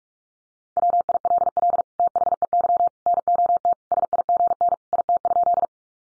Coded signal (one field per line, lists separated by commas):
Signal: Morse code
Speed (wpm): 44 wpm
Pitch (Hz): 700 Hz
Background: none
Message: WILL THEY NOT SIGN IT?